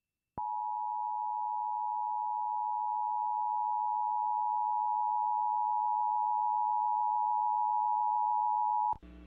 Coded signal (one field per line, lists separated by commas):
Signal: Emergency Alert System (SAME) tones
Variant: 853 and 960 Hz attention tone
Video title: EAS #1 [RMT] KAAY Little Rock, AR 12/15/17 11:58PM